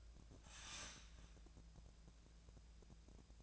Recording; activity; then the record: daily activity, microphone in the room; start toaster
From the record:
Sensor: 2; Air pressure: 1000.0 hPa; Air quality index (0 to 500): 144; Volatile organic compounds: 2 ppm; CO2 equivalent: 1216 ppm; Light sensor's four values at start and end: 26/65/27/30 and 26/65/27/30